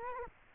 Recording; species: mosquito wingbeat signal from an infrared sensor; Culex quinquefasciatus